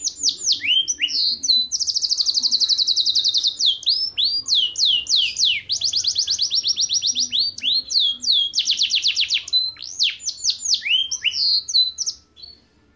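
Bird song rich in fast trills and sharp slurred whistles, delivered in dense bursts with brief breaks, fading at the end.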